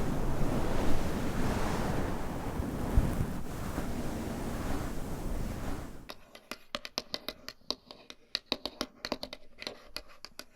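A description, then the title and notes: Dense scratching fills the first six seconds, a steady rough rustle with a low rumble beneath it. It then cuts to a quiet background broken by sharp, crisp taps and clicks, several per second in an uneven rhythm, some louder than others. Scratching.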